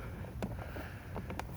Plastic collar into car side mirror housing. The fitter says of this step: Clicks in place and once you have it all lined up I don't have the front building tension just yet